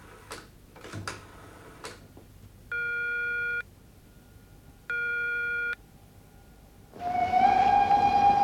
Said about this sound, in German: Zum D-Zug nach Rostock, bitte ein.